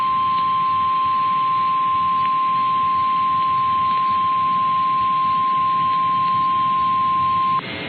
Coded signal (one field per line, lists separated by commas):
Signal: Emergency Alert System (SAME) tones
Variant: 1050 Hz attention tone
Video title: Severe Thunderstorm Warning (Bottineau, Burke, Renville, Ward Counties, ND) (8/7/25) [EAS #240]